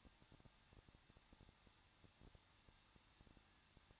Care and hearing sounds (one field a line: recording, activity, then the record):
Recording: daily activity, microphone in the room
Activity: no activity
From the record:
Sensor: 3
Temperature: 21.2 degrees Celsius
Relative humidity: 36.3%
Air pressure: 1006.3 hPa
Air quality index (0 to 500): 221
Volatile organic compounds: 40 ppm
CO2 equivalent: 3153 ppm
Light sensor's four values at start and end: 2/3/2/2 and 2/3/2/2